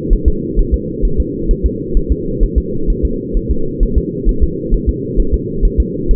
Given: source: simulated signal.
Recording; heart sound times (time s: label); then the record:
fetal heart sounds
0.13 s: S1
0.28 s: S2
0.59 s: S1
0.74 s: S2
1.05 s: S1
1.20 s: S2
1.51 s: S1
1.66 s: S2
1.97 s: S1
2.12 s: S2
2.44 s: S1
2.58 s: S2
2.90 s: S1
3.05 s: S2
3.37 s: S1
3.51 s: S2
3.83 s: S1
3.98 s: S2
4.29 s: S1
4.44 s: S2
4.74 s: S1
4.89 s: S2
5.20 s: S1
5.34 s: S2
5.65 s: S1
5.80 s: S2
6.11 s: S1
From the record:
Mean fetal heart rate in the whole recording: 130 bpm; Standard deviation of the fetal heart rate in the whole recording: 2 bpm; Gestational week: 38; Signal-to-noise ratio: -8.1 dB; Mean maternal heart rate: 72 bpm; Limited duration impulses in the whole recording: absent